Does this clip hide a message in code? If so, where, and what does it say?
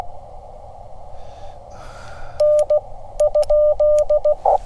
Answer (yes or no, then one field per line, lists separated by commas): yes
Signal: Morse code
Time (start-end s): 2.4-4.3 s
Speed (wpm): 16 wpm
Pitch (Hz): 600 Hz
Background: none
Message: N ?